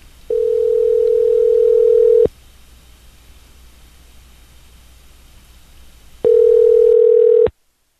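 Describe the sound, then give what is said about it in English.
A telephone ringback tone on the line: two long, steady mid-pitched buzzes of about two seconds each, separated by a four-second pause of faint line hiss. “Phone's ringing, dude.”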